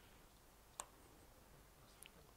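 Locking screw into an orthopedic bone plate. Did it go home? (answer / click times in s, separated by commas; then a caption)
yes / 0.8 s. A torque-limiting screwdriver drives a locking screw into an orthopedic bone plate and gives one sharp, bright click at 0.8 s when it reaches its torque setting, confirming the screw is tightened. A fainter pair of small ticks follows near 2.0 s against quiet background noise.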